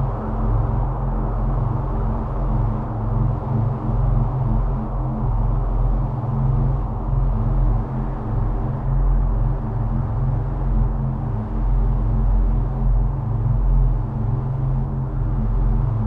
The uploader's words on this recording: Record the sound of an apartment on a large interstellar ship. Interstellar Ambience.